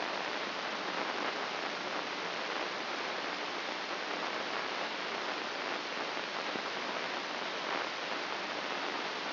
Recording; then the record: brain microelectrode recording played as sound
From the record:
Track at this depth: inside the subthalamic nucleus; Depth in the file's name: 3.631 mm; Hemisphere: left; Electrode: 3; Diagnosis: Parkinson's disease